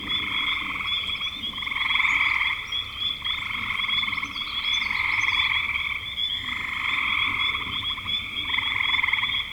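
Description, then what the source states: Frogs trilling together, grating pulsed calls in long bursts with short pauses, a steady high whine behind, and faint chirps above. Recorded in spring 2025.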